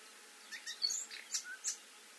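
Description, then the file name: Eurasian blackcap: a quick series of several short, high, sharp notes spread over just over a second. "Sylvia atricapilla"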